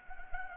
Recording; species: mosquito wingbeat signal from an infrared sensor; Anopheles gambiae